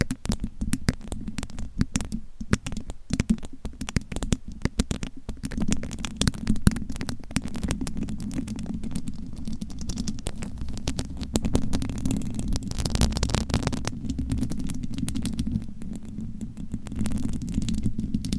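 Fingernails scratch and tap on a microphone, making a dense run of sharp clicks and scrapes. The taps come quick and irregular through the first seven seconds, then blur into a steadier rubbing scratch with a low rumble underneath. A brighter burst of scraping arrives around twelve to thirteen seconds.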